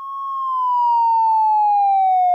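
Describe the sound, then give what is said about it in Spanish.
A police siren lets out a loud, sustained wail at a roadside gas station in the United States, its pitch sliding slowly downward over a couple of seconds, with bright overtones and no voices. “Cuando están a punto de retirarse del lugar, suena una sirena.”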